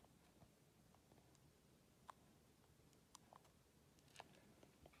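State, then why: Seated. Small 3D-printed plastic parts of a scale model flux capacitor are pressed into place on its cover. Sharp clicks are heard at 2.1 s and 3.1 s as the parts snap on and seat, with a softer tick just after at 3.4 s over quiet handling noise.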